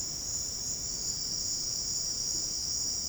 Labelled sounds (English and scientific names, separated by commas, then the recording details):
none
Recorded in dense forest near Puerto Asís, Putumayo, Colombia, on 20 February 2024 at 09:00
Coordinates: 0.485, -76.325
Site G6429